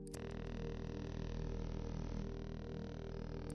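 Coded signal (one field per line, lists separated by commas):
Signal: radar signal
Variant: over-the-horizon radar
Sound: continuous rapid buzzing pulse train with a low droning hum, steady throughout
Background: radio static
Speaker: un gar m'a répondu c'est un radar transhizon c'estàdire un radar qui peut trianguler la position par exemple d'avion à des milliers de kilomètres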